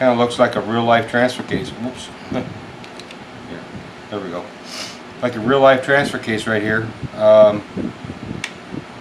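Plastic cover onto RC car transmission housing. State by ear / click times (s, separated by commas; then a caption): seated / 8.4 s. A plastic cover is pressed onto the transmission/transfer case housing of a Capra RC crawler while someone talks. It snaps on with one sharp click at 8.4 s, and the cover is seated in place.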